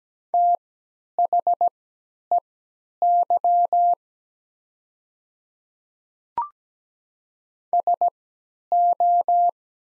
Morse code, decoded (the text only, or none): THEY SO